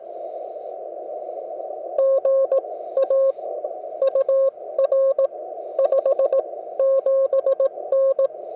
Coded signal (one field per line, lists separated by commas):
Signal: Morse code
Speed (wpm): 18 wpm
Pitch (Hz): 540 Hz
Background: radio noise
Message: GA UR 57N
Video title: Low-Cost Ham Vertical Antenna For Home and Portable Use